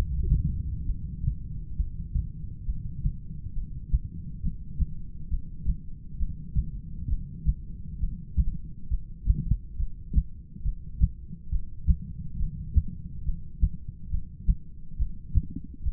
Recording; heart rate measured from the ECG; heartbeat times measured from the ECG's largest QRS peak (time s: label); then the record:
heart sounds by stethoscope; 68 bpm
0.85 s: heartbeat
1.76 s: heartbeat
2.65 s: heartbeat
3.54 s: heartbeat
4.41 s: heartbeat
5.29 s: heartbeat
6.18 s: heartbeat
7.09 s: heartbeat
8.00 s: heartbeat
8.90 s: heartbeat
9.78 s: heartbeat
10.64 s: heartbeat
11.51 s: heartbeat
12.39 s: heartbeat
13.25 s: heartbeat
14.11 s: heartbeat
14.98 s: heartbeat
15.85 s: heartbeat
From the record:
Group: heart failure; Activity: rest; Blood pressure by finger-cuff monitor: 117/84 mmHg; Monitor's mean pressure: 95 mmHg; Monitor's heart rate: 68 bpm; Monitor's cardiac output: 6.6 L/min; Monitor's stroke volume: 99 mL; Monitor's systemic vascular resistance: 1080 dyn s/cm5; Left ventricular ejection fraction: 25%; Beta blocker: metoprolol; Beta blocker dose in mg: 62.5 twice daily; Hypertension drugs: ramipril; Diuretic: furosemide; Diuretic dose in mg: 40 twice daily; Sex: male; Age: 57 years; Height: 180 cm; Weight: 90.5 kg